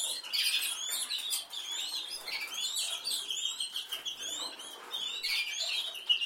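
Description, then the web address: Canary singing quick sweeping whistled phrases in bursts, mixed with a high twittering background. "Golchin Best Canari Seda Canari. Niyaz Music)"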